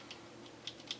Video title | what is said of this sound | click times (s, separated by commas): Sentro Mini Knitting Machine Unboxing Opinions | so it snaps right in there and then you have that | 0.7 s, 0.9 s